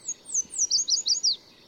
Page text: In spring and summer, Yellow Warblers sing from treetops to stream sides.